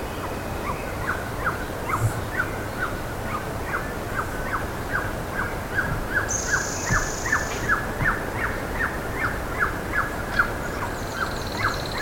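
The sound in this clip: Bird calls: a long run of short falling notes, slightly uneven in rhythm, with a brief high buzz and faint high chirps.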